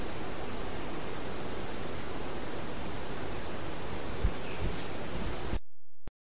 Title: LuckyPassaro Completos2Sama. Half-collared Sparrow (Arremon semitorquatus)